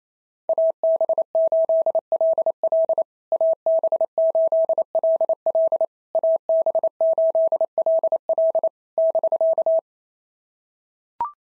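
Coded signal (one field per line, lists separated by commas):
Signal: Morse code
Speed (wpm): 28 wpm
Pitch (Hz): 650 Hz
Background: none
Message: AB8LL AB8LL AB8LL <BK>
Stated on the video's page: Morse code drill at 28 wpm of POTA QSO exchanges, each sent in Morse, spoken, then sent again.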